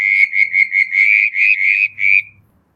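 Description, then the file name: Southern brown tree frog calling loudly with a steady chain of about eight pulsed creaky notes, evenly spaced and then trailing off. "Litoria ewingii"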